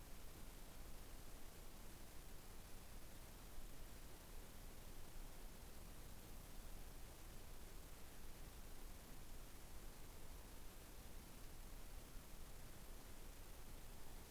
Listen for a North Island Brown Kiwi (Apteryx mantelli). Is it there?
no